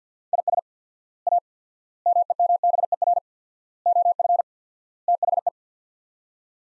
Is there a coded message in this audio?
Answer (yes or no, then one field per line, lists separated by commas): yes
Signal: Morse code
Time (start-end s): 0.3-5.5 s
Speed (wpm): 50 wpm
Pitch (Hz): 700 Hz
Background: none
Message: IS A MEMBER OF THE